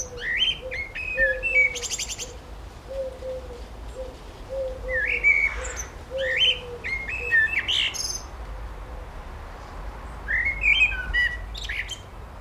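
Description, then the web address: Birds singing, with a steady series of low soft whistles beneath bursts of rapid high chirps and sweeping twitters. Birdsong recorded in a village garden. "Tom Hutchings Birdsong In A Village Garden"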